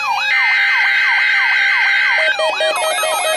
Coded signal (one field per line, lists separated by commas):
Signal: Emergency Alert System (SAME) tones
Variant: header bursts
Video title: Required Weekly Test - 02/13/19 (EAS #1,802)